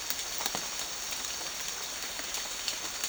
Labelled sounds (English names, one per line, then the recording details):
none
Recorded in secondary vegetation near Puerto Asís, Putumayo, Colombia, on 12 March 2025 at 08:30
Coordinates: 0.499, -76.323
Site G094